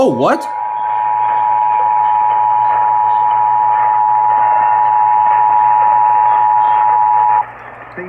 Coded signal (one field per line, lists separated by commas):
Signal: Emergency Alert System (SAME) tones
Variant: 853 and 960 Hz attention tone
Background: speech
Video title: EAS 433 - LA RMT on WWL